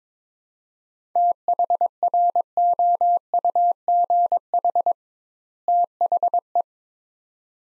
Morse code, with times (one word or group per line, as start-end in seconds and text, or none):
1.2-4.9 THROUGH
5.7-6.6 THE